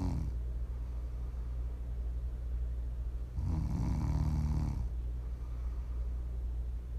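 An adult snoring during sleep: a single rumbling snore of about a second and a half rises above a steady low-pitched hum.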